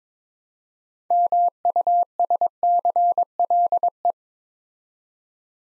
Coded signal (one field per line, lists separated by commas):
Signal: Morse code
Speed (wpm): 22 wpm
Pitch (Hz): 700 Hz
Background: none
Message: MUSCLE